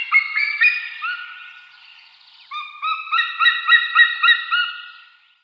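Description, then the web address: White-tailed eagle giving clear, ringing, slightly bending notes, first drawn out, then a quicker string of short yelps fading at the end. "Schulze Peter White-tailed Eagle"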